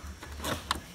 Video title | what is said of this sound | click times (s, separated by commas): 477 OR 497 MODEL REAR WHEEL & BRUSH DIAGNOSTICS PART 1 | the tab till it clicks and the | 0.7 s